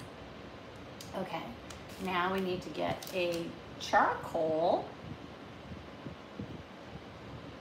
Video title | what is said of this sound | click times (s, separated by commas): Someone is going live! | here and click into place. | 1.0 s